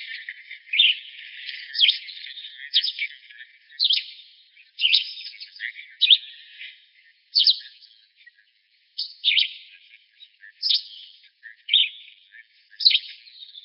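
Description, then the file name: Gray vireo scolding chatter, harsh buzzy notes repeated roughly once a second, with rasping sound between most of them. Recorded in Arizona on 29 June 2007. "VGVI Pollock"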